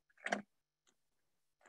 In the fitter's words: And you can hear it snapping together pretty well.